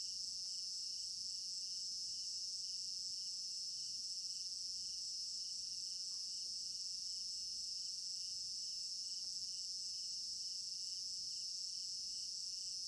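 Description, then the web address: A shrill cricket chorus pulses steadily throughout, with several soft clicks heard underneath. Crickets in an African village garden at night; stereo binaural recording. "African-Village Garden Night Crickets Stereo-Binaural. immersive sound library"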